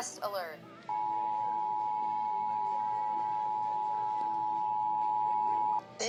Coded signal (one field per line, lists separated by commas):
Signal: Emergency Alert System (SAME) tones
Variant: 853 and 960 Hz attention tone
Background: speech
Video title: Florida Required Monthly Test for April 2025 (4/22/25) (New EAS 830)